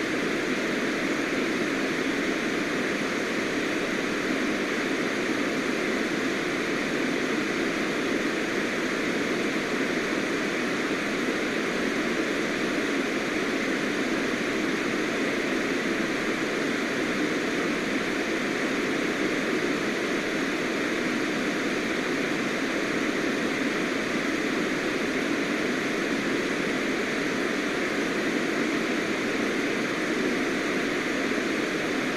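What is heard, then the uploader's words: Uninterrupted white noise holds perfectly steady for the whole stretch, a dense, even hiss with faint tonal bands and a strong midrange roar. 2 hours of uninterrupted white noise for sleep.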